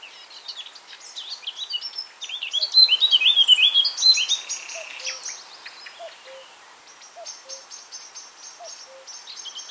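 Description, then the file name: Common nightingale pouring out loud twisting warbled phrases that swell and fade, then a steady run of quick repeated notes, with soft low calls in the background. "Luscinia megarhynchos"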